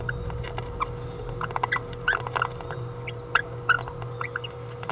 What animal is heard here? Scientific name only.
Forpus passerinus